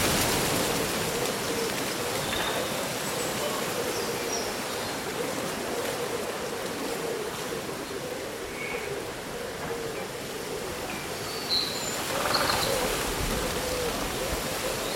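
Leaves rustle in a steady, dense hiss that fills the whole clip and barely changes in level, with a slightly louder swell around twelve seconds. Faint, brief bird chirps appear now and then, around four, eight and twelve seconds.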